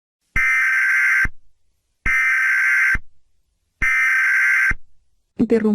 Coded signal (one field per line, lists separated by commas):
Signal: Emergency Alert System (SAME) tones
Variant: header bursts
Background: speech